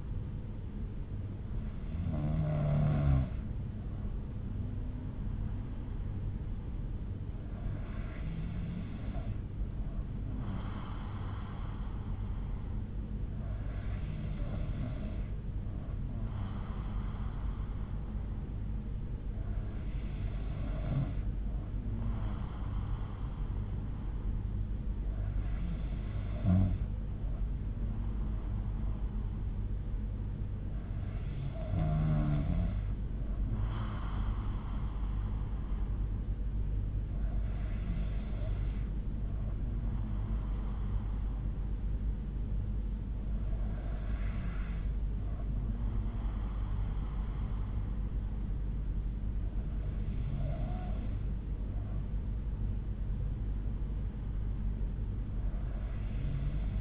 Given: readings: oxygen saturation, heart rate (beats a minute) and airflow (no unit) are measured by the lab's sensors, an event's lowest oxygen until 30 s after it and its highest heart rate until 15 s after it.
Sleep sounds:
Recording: breathing in sleep by a smartphone at the bedside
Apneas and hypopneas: none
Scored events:
42.00-56.81 s: new sleep stage, N3 (deep sleep)
From the record:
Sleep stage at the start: N2 (light sleep)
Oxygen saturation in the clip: 93%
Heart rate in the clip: 60 to 63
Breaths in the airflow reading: 9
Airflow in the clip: -5.9 to 3.6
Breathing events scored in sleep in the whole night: 368 in 8.0 hours asleep

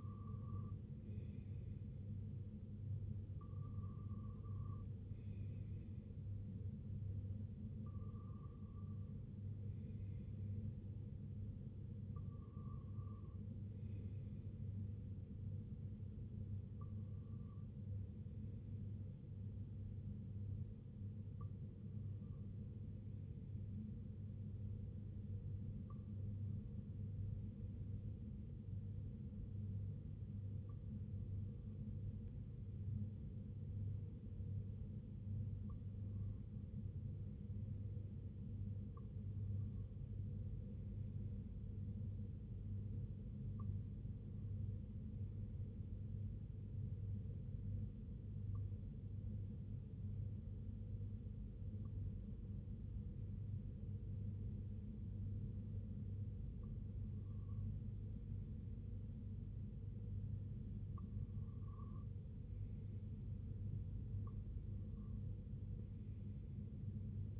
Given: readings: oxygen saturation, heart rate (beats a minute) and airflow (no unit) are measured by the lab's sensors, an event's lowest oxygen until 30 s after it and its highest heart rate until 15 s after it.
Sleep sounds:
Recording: breathing in sleep by a smartphone at the bedside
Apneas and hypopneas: 1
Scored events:
44.00-67.40 s: new sleep stage, N1 (lightest sleep)
46.00-62.80 s: hypopnea (N1, oxygen 96% highest, then 93% lowest, heart rate 58 at the start, 64 highest)
From the record:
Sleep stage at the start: N2 (light sleep)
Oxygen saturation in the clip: 92 to 96%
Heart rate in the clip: 57 to 68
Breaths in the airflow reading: 16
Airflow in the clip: -7.1 to 4.4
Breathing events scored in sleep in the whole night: 258 in 7.4 hours asleep

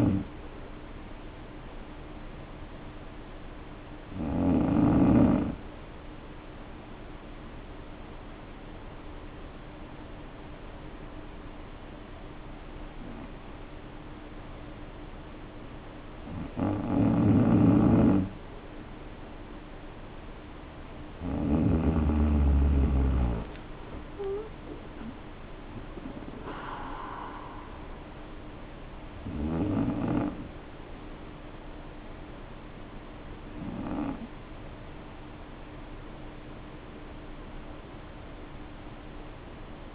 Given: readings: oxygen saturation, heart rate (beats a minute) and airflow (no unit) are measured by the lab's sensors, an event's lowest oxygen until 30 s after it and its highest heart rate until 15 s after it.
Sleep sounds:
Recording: breathing in sleep by a voice recorder at the bedside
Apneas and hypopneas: 1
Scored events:
8.00-21.10 s: hypopnea (N2, oxygen 94% highest, then 91% lowest, heart rate 52 at the start, 56 highest)
From the record:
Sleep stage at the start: N2 (light sleep)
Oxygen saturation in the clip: 91 to 94%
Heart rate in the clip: 50 to 56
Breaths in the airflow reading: 5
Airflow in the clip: -5.9 to 6.5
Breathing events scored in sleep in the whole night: 520 in 7.2 hours asleep

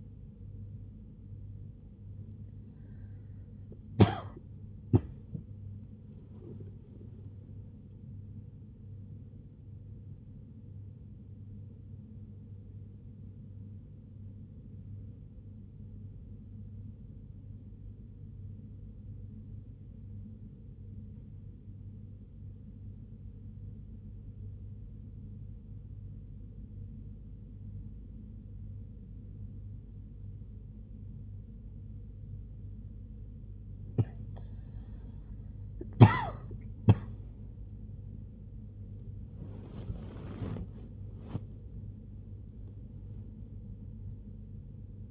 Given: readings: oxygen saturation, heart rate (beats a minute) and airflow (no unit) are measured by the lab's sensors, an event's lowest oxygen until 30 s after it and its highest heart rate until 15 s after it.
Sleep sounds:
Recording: breathing in sleep by a smartphone at the bedside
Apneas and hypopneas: 1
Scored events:
0.00-22.00 s: awake
11.00-35.40 s: hypopnea (scored as awake, oxygen 95% highest, then 93% lowest, heart rate 79 at the start, 91 highest)
15.00-45.11 s: new sleep stage, N1 (lightest sleep)
From the record:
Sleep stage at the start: awake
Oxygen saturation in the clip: 92 to 95%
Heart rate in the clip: 62 to 91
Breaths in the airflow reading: 9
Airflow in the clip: -4.8 to 3.8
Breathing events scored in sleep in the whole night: 101 in 7.3 hours asleep

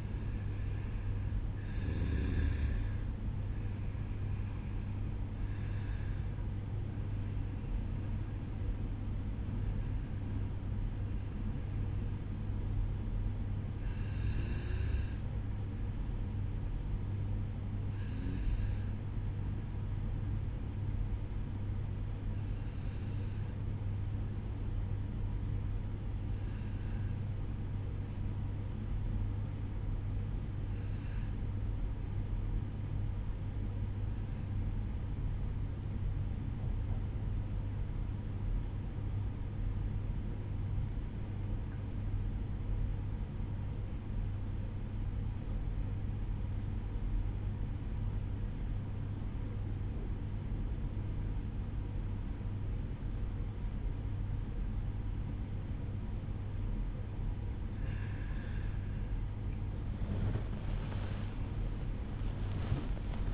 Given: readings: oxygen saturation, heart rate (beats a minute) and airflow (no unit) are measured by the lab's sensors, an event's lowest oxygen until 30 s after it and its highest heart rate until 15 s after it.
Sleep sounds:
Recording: breathing in sleep by a smartphone at the bedside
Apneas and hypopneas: 1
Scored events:
25.00-57.00 s: obstructive apnea (N1, oxygen 96% highest, then 92% lowest, heart rate 54 at the start, 78 highest)
42.00-63.34 s: new sleep stage, awake
56.00-63.34 s: awake
From the record:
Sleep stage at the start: N1 (lightest sleep)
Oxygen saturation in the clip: 91 to 96%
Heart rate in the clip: 53 to 64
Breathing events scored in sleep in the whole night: 305 in 9.6 hours asleep

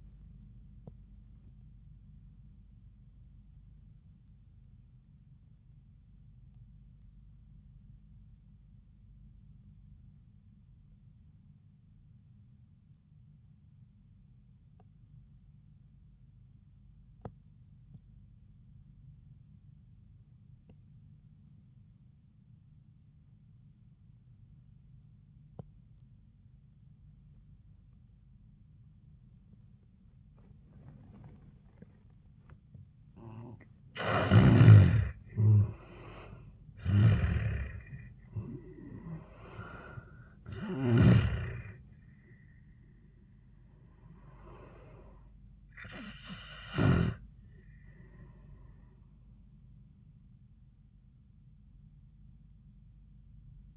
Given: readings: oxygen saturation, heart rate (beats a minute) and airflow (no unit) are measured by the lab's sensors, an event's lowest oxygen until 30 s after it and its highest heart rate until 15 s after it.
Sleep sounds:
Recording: breathing in sleep by a smartphone at the bedside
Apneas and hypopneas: 1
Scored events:
4.00-34.90 s: obstructive apnea (N1, oxygen 98% highest, then 80% lowest, heart rate 79 at the start, 88 highest)
10.00-53.77 s: new sleep stage, N2 (light sleep)
From the record:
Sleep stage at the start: N1 (lightest sleep)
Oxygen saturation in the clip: 80 to 98%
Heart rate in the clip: 70 to 88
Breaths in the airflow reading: 5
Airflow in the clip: -19.8 to 14.3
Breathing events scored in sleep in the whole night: 400 in 8.7 hours asleep

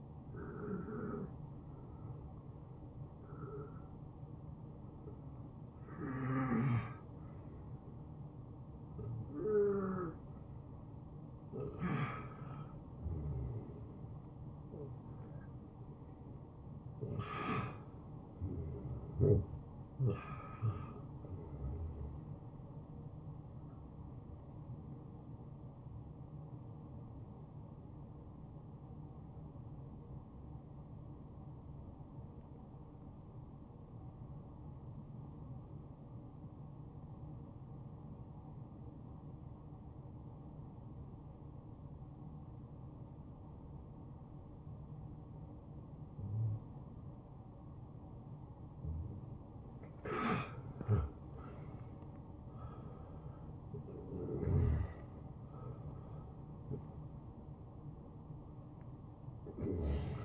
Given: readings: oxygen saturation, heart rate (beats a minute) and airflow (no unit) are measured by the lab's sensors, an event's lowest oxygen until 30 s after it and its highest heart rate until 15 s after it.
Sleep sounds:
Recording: breathing in sleep by a smartphone at the bedside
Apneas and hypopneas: 1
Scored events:
0.00-14.00 s: awake
8.00-60.25 s: new sleep stage, N1 (lightest sleep)
33.00-48.80 s: obstructive apnea (N1, oxygen 94% highest, then 87% lowest, heart rate 67 at the start, 75 highest)
From the record:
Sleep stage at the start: awake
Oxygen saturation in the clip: 90 to 96%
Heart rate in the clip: 62 to 75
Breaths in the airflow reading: 13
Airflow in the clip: -13.1 to 7.9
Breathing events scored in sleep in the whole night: 263 in 5.5 hours asleep

